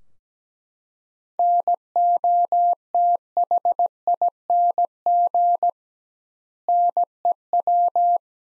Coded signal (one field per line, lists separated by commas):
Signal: Morse code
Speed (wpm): 17 wpm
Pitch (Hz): 700 Hz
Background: none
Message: NOTHING NEW